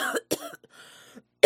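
Two short, explosive cough bursts from an adult sound in quick succession near the start, followed by a quiet breathy exhalation, with a third burst cut off at the end. A plain cough with no wheeze or stridor between bursts.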